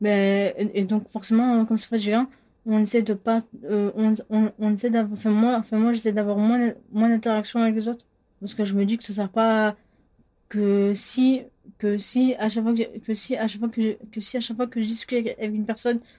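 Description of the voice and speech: A 25-year-old woman speaking French, with cluttering (bredouillement: rushed speech, cut-off and dropped words, restarted sentences) and a stutter present since about age 12–13. Repeated sounds, words and phrases, stretched syllables and restarts, with the phrase 'que si à chaque fois' said several times over.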